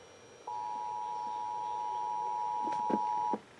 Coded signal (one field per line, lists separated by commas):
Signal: Emergency Alert System (SAME) tones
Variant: 853 and 960 Hz attention tone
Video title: Southern Oregon's RMT via KVIP (EAS #2661-2662)